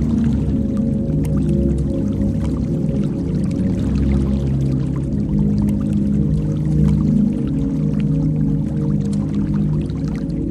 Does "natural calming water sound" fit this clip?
yes